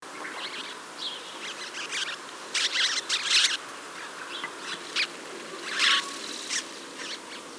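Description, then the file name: House sparrow chirping: dense bursts of harsh, noisy chirps in uneven clusters, swelling loudest near the middle and again toward the end, over a continuous hiss. "Passer domesticus"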